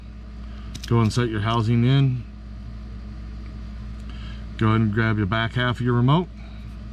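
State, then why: Not seated. During a battery replacement on a 2016 Jeep Cherokee 5-button smart key remote, the circuit board sits back in its rubber housing, the housing is set in, and the back half of the plastic remote case is picked up to go onto the front half. Someone talks over a low steady hum, with faint brief sounds near 0.8 and 4.1 seconds. The case halves have not been pressed together yet, so nothing has seated or clicked.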